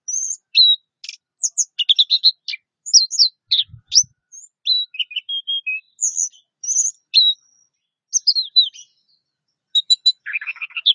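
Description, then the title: Orange-headed thrush song, a fast, varied run of high sweet whistles, trills and chirps with brief pauses, switching phrases continually throughout. "Anis Merah"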